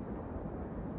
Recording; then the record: background sound without coughing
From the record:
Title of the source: Train Ride Ambience ambient white noise for sleeping, focus, studying, reading